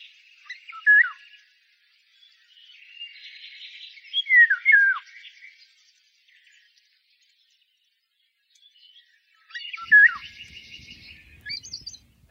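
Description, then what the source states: Eurasian golden oriole song: three liquid whistled phrases, each falling in pitch, separated by pauses. Recorded by Henk Meeuwse for the Bird Sounds Europe app; fluting, fairy-tale-like song with the warmth of a blackbird's song, repeated each time with slight variation.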